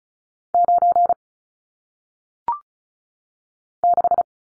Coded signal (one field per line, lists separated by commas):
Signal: Morse code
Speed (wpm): 36 wpm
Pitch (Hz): 700 Hz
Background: none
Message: 9 6